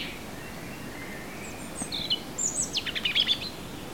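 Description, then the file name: European robin singing a thin, high warbled phrase of sliding whistles and quick trilled notes, rising and falling, over a steady hiss of background noise. "Erithacus rubecula"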